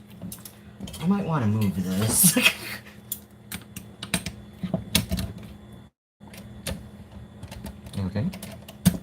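Someone talks while working a kitchen appliance attachment into its mount during baking, urging it on as sharp clicks and taps sound throughout, with the loudest near 4.1 and 5.0 seconds and a brief silence around 6 seconds. Nothing has seated or clicked into place yet.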